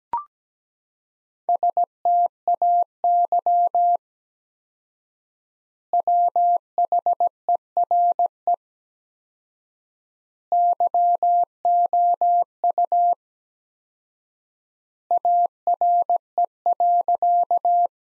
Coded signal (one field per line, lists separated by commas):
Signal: Morse code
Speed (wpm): 17 wpm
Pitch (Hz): 700 Hz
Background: none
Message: STAY WHERE YOU ARE.